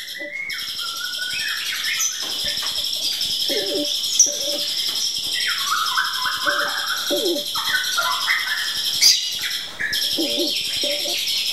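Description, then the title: Bird song: varied whistled phrases and chirps that rise and fall, with a steady high buzz and lower clucking notes. "SUARA BURUNG"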